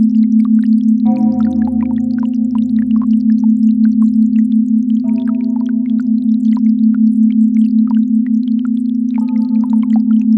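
Binaural beats: a steady, low hum runs unbroken throughout, with a slow, even wobble in it. Soft chords of higher pure tones swell in around one, five and nine seconds and fade away gradually. Faint tiny clicks are scattered throughout the background.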